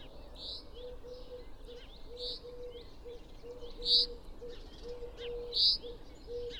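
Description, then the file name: Common chaffinch calls: short, bright single notes spaced about every one and three-quarter seconds over several seconds, with a low, soft cooing in the background. "Fringilla coelebs"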